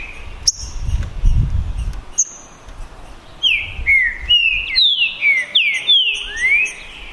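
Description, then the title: Green-winged saltator: whistled bird song in slurred downward phrases building in the second half, over low rumbling background noise and a few sharp high notes early on. Song contest (disputa) between two trinca-ferros, Naval versus Demolidor, 2022 season; birds calling, singing and 'macheando' in the dispute. "TRINCA Piando, Cantando E Macheando Na DISPUTA. DISPUTA DE TRINCA FERRO NAVAL VS DEMOLIDOR 2022! TEMPORADA 2022!"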